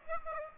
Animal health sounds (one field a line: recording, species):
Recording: mosquito wingbeat signal from an infrared sensor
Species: Aedes aegypti